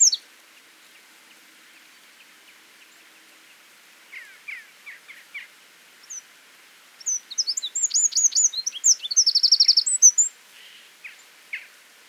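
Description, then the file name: Eurasian wren song: scattered high ticking notes at first, then a hurried burst of sharp notes with a brief buzzy trill near the end. "Troglodytes troglodytes"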